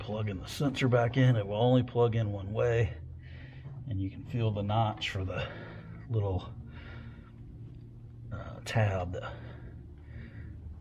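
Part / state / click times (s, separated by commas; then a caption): wiring harness connector onto oil pressure sensor / not seated / none. On a 2001–2006 Suburban, Tahoe or Silverado with an oil pressure gauge that maxed out, read wrong and leaked oil, the plastic wiring harness connector is felt for and lined up with the notch for the locking tab on the oil pressure sensor before being pushed on. Someone talks throughout, with only faint handling sounds underneath. Nothing has seated or clicked yet.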